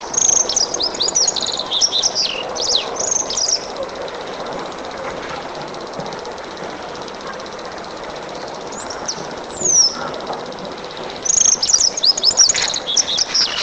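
Thrush singing high, rapid twittering phrases at the start and end, with a long quieter gap between holding a couple of thin descending whistles.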